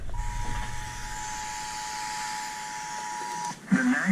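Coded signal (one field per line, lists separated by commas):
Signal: Emergency Alert System (SAME) tones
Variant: 853 and 960 Hz attention tone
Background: speech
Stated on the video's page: Severe thunderstorm and flash flood warnings received on NOAA weather radio transmitters WXK56, WXK52 and KEC80 and on broadcast station WAKL.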